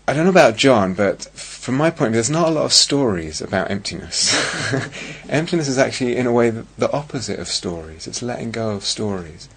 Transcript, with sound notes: I don't know about John, but for my part, there are not a lot of stories about emptiness. [laughs] Emptiness is actually, in a way, the opposite of stories. It's letting go of stories.